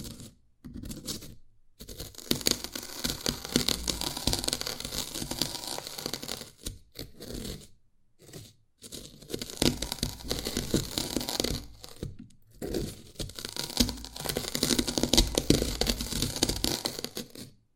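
Dalgona candy is tapped and cracked in dense, crackly bursts of scraping and crunching that run for several seconds at a time. Short silent gaps break the sound around the 1, 2, 7, 8 and 12 second marks, with bright crinkly texture throughout.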